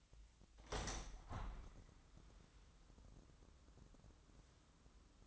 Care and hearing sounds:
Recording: daily activity, microphone in the room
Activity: open window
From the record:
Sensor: 3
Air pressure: 997.9 hPa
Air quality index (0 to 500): 131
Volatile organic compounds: 4 ppm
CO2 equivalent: 1561 ppm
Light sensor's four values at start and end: 14/42/17/16 and 14/42/17/16

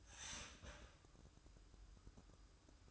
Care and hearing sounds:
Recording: daily activity, microphone in the room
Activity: start toaster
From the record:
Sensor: 2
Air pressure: 1007.1 hPa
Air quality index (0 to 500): 36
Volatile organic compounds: 1 ppm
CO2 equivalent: 530 ppm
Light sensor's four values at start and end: 6/13/5/5 and 6/13/5/5

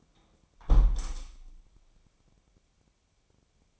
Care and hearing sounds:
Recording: daily activity, microphone in the room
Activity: close window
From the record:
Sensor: 1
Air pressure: 1000.4 hPa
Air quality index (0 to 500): 177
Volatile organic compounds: 4 ppm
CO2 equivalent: 1624 ppm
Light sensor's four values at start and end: 10/24/10/11 and 10/24/10/11

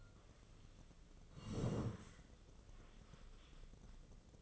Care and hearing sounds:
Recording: daily activity, microphone in the room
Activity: sit down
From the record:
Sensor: 4

